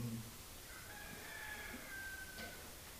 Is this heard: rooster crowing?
yes